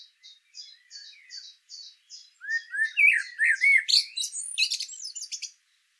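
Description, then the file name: Common blackbird giving a row of short high thin notes, then a burst of low warbled phrases mixed with shrill, scratchy squeaks. "Turdus merula"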